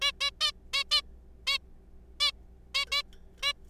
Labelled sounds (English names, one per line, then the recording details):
Zebra Finch
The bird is a juvenile
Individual R3428